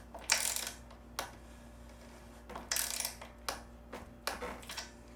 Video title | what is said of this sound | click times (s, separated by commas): 자전거 핸들 (소음 및 유격) 정비 | 됐죠 딸칵 소리가 날때까지 조여주면 됩니다 | 0.3 s